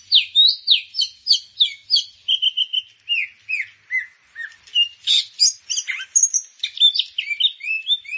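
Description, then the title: Grey-cheeked bulbul in sustained song, mixing quick downslurred whistles, a short trill of even notes, and scratchy chirps in a nearly continuous stream. "Kicau Burung Cucak Jenggot"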